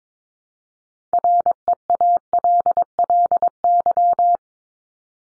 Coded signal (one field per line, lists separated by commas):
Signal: Morse code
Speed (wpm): 22 wpm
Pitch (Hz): 700 Hz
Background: none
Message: REALLY